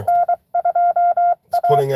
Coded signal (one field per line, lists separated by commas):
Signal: Morse code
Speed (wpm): 23 wpm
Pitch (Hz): 700 Hz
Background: speech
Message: N2A